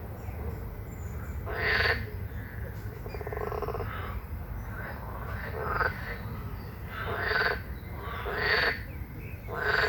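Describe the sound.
Frog giving rasping, pulsed croaks in irregular bursts, some louder and brighter than others, over a constant low rumble.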